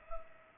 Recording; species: mosquito wingbeat signal from an infrared sensor; Culex pipiens